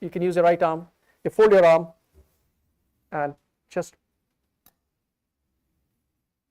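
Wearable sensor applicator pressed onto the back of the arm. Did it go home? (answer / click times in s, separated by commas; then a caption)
yes / 4.7 s. Someone talks while folding an arm, then a spring-loaded applicator pressed against the back of the upper arm fires to insert a wearable microneedle/glucose-type sensor. The applicator gives a short, faint click at 4.7 s as it fires, and the sensor is seated.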